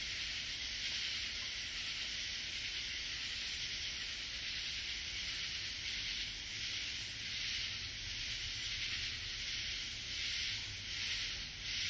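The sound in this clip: Katydid calls: a steady, sizzling high-pitched buzz that pulses gently at a regular beat, with continuous background noise.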